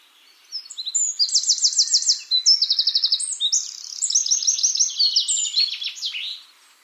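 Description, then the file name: Eurasian wren song, a loud rapid outpouring of high trills and buzzy rattles, notes racing in quick runs for about six seconds without pause. "Troglodytes troglodytes"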